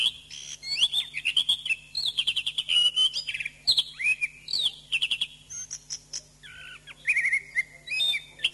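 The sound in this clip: Thrush song of repeated short whistled phrases and quick trills, pausing briefly before clear descending whistles, with a soft hum beneath.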